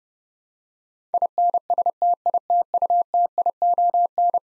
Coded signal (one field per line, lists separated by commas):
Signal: Morse code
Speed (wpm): 30 wpm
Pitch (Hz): 700 Hz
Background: none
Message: INSTITUTION